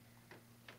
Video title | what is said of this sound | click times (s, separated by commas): Advanced Pure Air Purifier Top Rated Air Purifier | There it snaps in place. | 0.3 s, 0.7 s